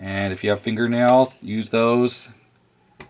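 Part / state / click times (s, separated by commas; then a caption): small round retaining clip onto a plastic post in a floppy drive mechanism / seated / 3.0 s. Someone talks while pushing a small round retaining clip down over a plastic post inside an Apple 800k 3.5" floppy drive mechanism. After a short quiet pause, a sharp click is heard at 3.0 s as the clip snaps into place and seats on the post.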